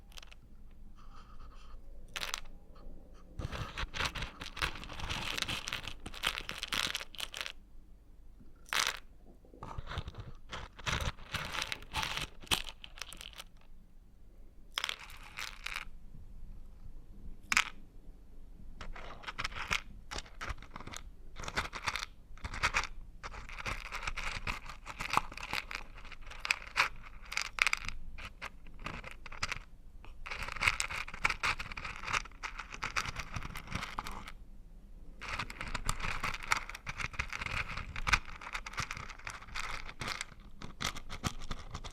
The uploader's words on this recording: Old-Time Riches Crunchy Stirring. NO TALKING.